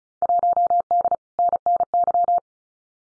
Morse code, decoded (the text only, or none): 1D NNY